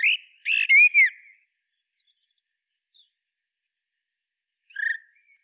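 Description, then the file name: Common blackbird delivers a brief warbled whistle with a squeaky flourish, followed after several quiet seconds by a single short note. "Turdus merula"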